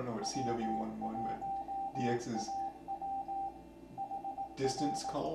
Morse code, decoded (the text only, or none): W1AW HR